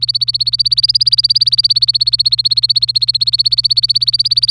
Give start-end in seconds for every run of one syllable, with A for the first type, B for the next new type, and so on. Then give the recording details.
0.00-4.50 A. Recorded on 25 April 2018 at 16:34. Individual llb3